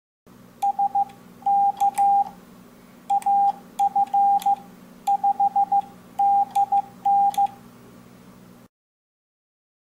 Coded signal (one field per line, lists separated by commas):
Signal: Morse code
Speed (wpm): 15 wpm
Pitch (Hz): 800 Hz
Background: none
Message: SK AF5DN